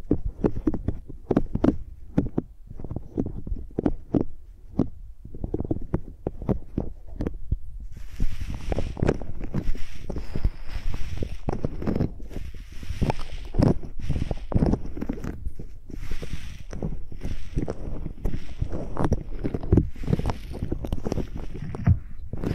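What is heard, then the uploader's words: Microphones scribbled like pencils make dense, irregular low thumps and scrapes throughout, with a steady hiss of scratching joining from about eight seconds on. Using Mics as Pencils (No Talking).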